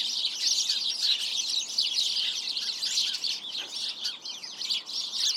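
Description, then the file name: House sparrows chirping busily, many quick overlapping notes that thin out slightly toward the end. "Passer domesticus"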